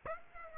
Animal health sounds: mosquito wingbeat signal from an infrared sensor; Aedes aegypti

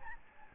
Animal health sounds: mosquito wingbeat signal from an infrared sensor; Aedes albopictus

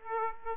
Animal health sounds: mosquito wingbeat signal from an infrared sensor; Aedes aegypti

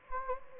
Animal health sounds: mosquito wingbeat signal from an infrared sensor; Anopheles gambiae

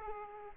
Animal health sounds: mosquito wingbeat signal from an infrared sensor; Aedes aegypti

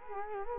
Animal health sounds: mosquito wingbeat signal from an infrared sensor; Culex quinquefasciatus

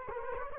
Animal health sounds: mosquito wingbeat signal from an infrared sensor; Culex quinquefasciatus

